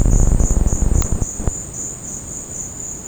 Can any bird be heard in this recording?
no